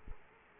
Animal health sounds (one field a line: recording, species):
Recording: mosquito wingbeat signal from an infrared sensor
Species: Culex quinquefasciatus